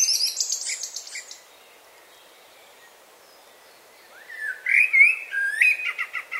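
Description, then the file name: Common blackbird singing: thin high twittering first, a few seconds of quiet, then a rising, mellow whistled phrase breaking into squeaky flourishes. "Turdus merula"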